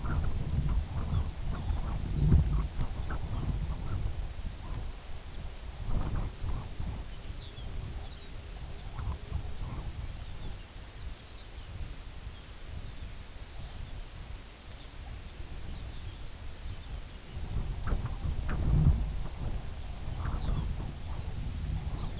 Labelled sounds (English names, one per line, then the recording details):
unidentified sound
Pectoral Sandpiper
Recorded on Arctic tundra, site UTQI-2, on 15 June 2019
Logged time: 02:00